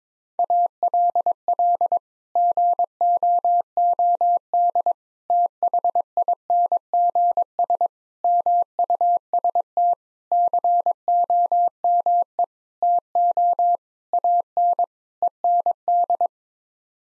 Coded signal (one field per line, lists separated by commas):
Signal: Morse code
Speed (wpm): 22 wpm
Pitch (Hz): 700 Hz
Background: none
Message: ALL GOOD THINGS MUST COME TO AN END